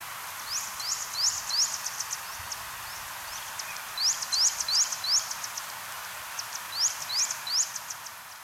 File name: Prinia subflava, 2023-05-12 09 h 19 , roep te Palalarivier, WBNP